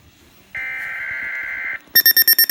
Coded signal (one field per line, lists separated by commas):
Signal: Emergency Alert System (SAME) tones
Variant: header bursts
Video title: Weatheradio Canada EAS # 1 Thunderstorm And Tornado XLM 572 Edmonton / XOF 962 Cooking Lake , AB